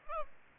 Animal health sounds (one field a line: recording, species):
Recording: mosquito wingbeat signal from an infrared sensor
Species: Aedes albopictus